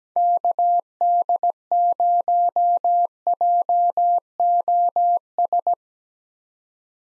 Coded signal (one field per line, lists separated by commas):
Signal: Morse code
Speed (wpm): 17 wpm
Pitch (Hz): 700 Hz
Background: none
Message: KD0JOS